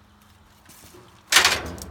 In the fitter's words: Locks into place.